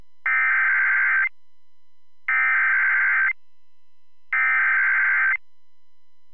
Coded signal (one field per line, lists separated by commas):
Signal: Emergency Alert System (SAME) tones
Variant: header bursts